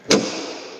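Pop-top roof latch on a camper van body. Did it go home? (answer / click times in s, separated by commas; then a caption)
yes / 0.1 s. A pop-top roof latch on a VW Vanagon camper van is fastened after the roof fabric is tucked in and the roof closed. A single sharp click at 0.1 s is followed by a fading ring, showing the latch has locked.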